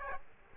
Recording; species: mosquito wingbeat signal from an infrared sensor; Aedes aegypti